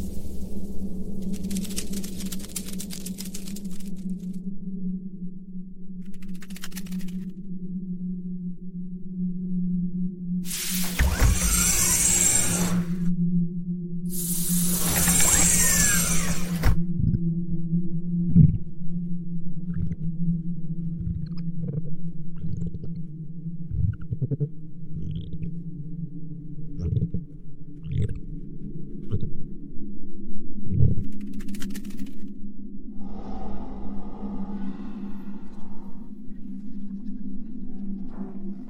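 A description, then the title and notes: An exoplanet ambience built on a steady low hum with a droning tone running underneath the whole way. Two bright, crackling bursts break in around 11 and 15 seconds, followed by a string of soft thuds and short knocks, with a brief hiss near 31 seconds. Alien planet | Exoplanet Ambience.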